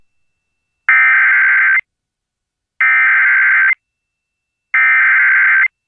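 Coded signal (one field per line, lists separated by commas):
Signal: Emergency Alert System (SAME) tones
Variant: header bursts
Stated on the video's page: EAS alerts, mostly flash flood warnings, in North Carolina.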